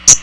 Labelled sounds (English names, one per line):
Common Yellowthroat flight call